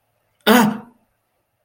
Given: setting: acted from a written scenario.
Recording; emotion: vocal sound without words; fear